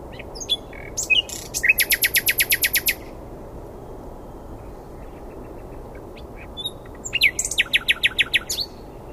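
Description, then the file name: Common nightingale singing: two phrases of rapid repeated notes in fast trills, separated by a pause, with soft background hiss. "Luscinia megarhynchos"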